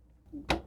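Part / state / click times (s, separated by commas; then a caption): front panel cable connector into motherboard header / seated / 0.5 s. A front panel cable connector, lined up by its tab, is pushed onto the pin header of an ASRock B450M Pro4-F motherboard. A faint rubbing scrape comes just before it, then the connector seats with one small, sharp click at 0.5 seconds.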